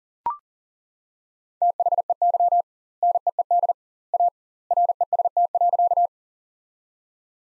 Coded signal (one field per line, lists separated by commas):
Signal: Morse code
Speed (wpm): 40 wpm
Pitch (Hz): 700 Hz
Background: none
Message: THEY NEED A REST.